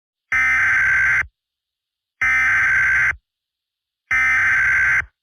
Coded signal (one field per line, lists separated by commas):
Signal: Emergency Alert System (SAME) tones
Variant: header bursts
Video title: eas scenario catemojibabyheat part 33 the young country bombers vs baby abuse emoji cat